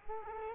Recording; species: mosquito wingbeat signal from an infrared sensor; Culex quinquefasciatus